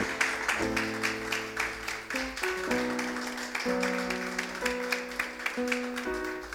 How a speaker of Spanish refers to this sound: Un fuerte aplauso.